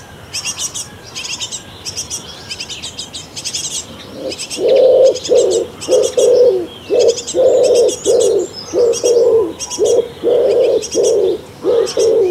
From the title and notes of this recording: Busy morning birds around a bird nest box at a Danish summer cottage. Just before sunrise, parent birds start looking for food to their hungry chicks in the bird nest box at the cottage wall. While the bird chicks are crying for food, their parents fly back and forth to the bird nest box with something to eat.